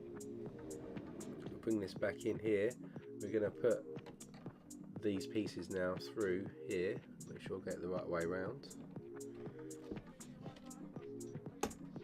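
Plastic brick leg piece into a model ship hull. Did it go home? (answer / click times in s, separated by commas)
yes / 11.6 s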